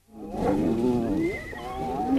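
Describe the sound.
Spotted hyena, a loud, continuous, wavering moaning call that bends up and down in pitch for about two seconds.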